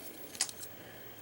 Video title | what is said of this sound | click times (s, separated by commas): TF: Age of Extinction Deluxe Snarl - Awesome Reviews #70 | that'll allow us to bring up his head which does click into place | 0.4 s